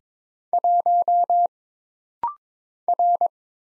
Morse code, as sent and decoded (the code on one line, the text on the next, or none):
.---- / .-.
1 R